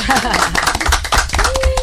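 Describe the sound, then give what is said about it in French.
Hands clap in a quick, irregular burst of applause, loud and steady throughout, with voices talking and calling out over the clapping. “J'ai envie d'applaudir hein, pour.”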